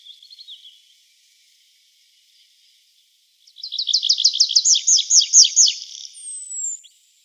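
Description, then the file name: Tree pipit song: a brief faint trill, a pause, then a loud, rapid trill of evenly repeated notes. "Konek lesnoj"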